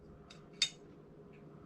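During reassembly of a Tokarev M-57 pistol, the steel barrel is put back into the slide. A faint tick at 0.3 s is followed by a sharp, bright metallic click at 0.6 s as the barrel falls into place. The barrel is confirmed seated in the slide.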